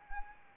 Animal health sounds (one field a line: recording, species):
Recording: mosquito wingbeat signal from an infrared sensor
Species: Anopheles arabiensis